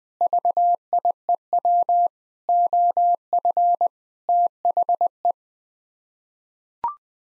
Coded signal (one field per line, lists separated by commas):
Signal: Morse code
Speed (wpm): 20 wpm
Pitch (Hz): 700 Hz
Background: none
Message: VIEW OF THE